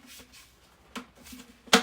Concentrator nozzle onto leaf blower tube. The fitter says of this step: and push down, and it clicks into place.